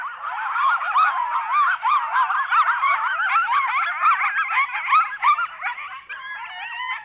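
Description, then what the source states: Coyotes in a chorus of overlapping high wavering yips, whines and short howls, dense and continuous throughout. Barks, yips and howls heard at night over much of North America, from western deserts and mountains to eastern backwoods.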